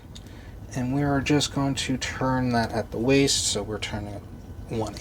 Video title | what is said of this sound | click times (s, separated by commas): Transformers Generations Autobot Cosmos & Payload | now we actually want to come to the back here, pop that out, | 0.2 s